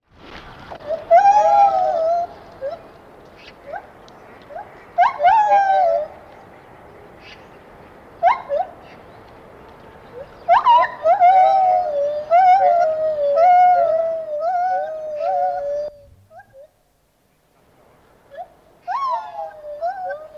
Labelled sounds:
Lar Gibbon (Hylobates lar)
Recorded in captivity
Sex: pair
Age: adult
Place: Tierpark Berlin, Berlin, DE
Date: 1987-12-25
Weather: heiter, -1°C, windstill
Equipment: 19 cm Stereo
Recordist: Tembrock, Günter
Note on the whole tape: Paar, beide rufen; das Weibchen eine Strophe (dunklere Stimme); im Außengehege des Hauses; gute Aufnahme

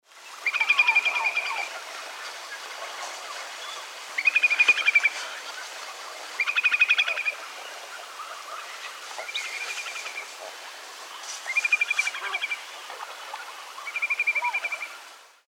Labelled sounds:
Eurasian Whimbrel (Numenius phaeopus)
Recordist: Frommolt, Karl-Heinz
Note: Flugrufe

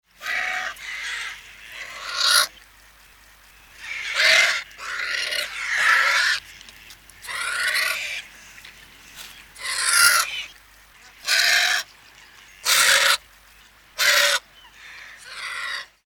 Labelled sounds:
Swan Goose (Anser cygnoides)
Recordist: Tembrock, Günter
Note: Lautäußerungen eines Paares

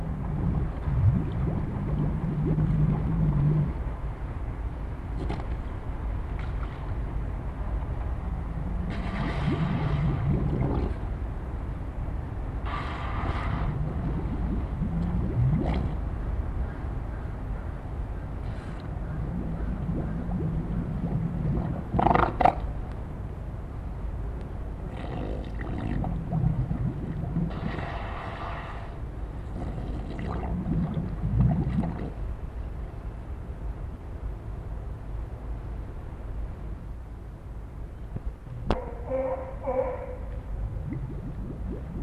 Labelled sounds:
Harbor Seal (Phoca vitulina)
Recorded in captivity
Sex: male
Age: adult
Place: Zoo Berlin, Berlin, DE
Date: 1961-01-14 16:30
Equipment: Minifon, Kopie Smaragd
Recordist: Tembrock, Günter

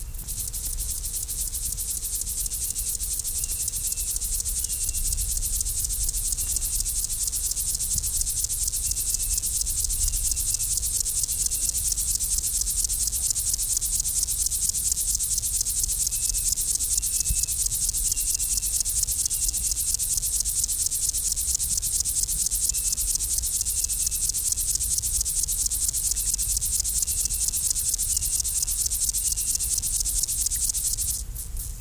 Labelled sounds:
Upland Field Grasshopper (Chorthippus apricarius) stridulation
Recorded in the wild
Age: imago
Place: Liebenthal, Schorfheide, Brandenburg, DE
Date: 1999-07-24 13:56
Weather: heiter, 28,6°C
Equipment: Sony WM-D6C, Sennheiser ME 80, Kopie Uher 4000 Report Monitor
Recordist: Tembrock, Günter
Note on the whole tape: Mehrere Exemplare: Stridulation

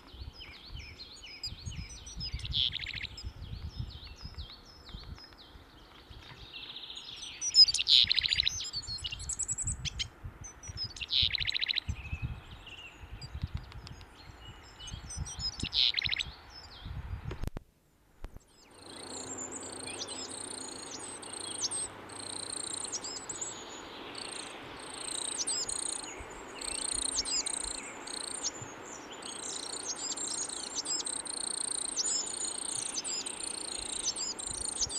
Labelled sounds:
Willow Tit (Poecile montanus) aggressive call
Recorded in the wild
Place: Ehrwald, Wettersteingebirge, Tirol, AT
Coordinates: 47.4167, 10.9428
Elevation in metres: 979
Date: 1971-04-13
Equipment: Nagra IV, Sennheiser MKH 405
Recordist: Tretzel, Erwin

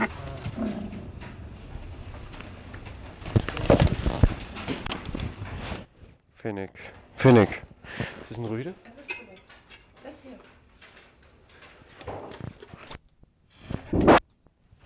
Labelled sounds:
Fennec Fox (Vulpes zerda) call
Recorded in captivity
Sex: male
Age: adult
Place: Tierpark Berlin, Berlin, DE
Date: 1965-11-06 10:00
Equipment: Uher 4200 Report Monitor, Sennheiser MD 421, Transistorverstärker 2
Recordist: Tembrock, Günter

